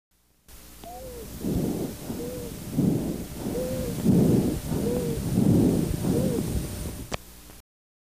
Produced by a bronchus narrowed to the point of closure, whose opposite walls oscillate between the closed and barely open position. If the wheeze is made up of a single musical note, it is called a monophonic wheeze.